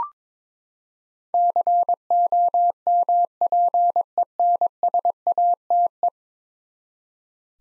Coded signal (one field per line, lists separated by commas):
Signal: Morse code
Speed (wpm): 21 wpm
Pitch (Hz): 700 Hz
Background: none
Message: COMPENSATE